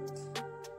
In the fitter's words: ये लॉक हो गया